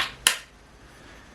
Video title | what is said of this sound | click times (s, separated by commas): Build A House - Unboxing Lighting & Plumbing - New Construction Home #newhomeconstruction | this little piece yeah that audible snap sound | 0.3 s